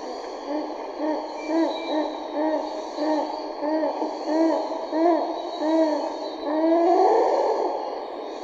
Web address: S America Eastern Lowlands Tigrisoma lineatum, song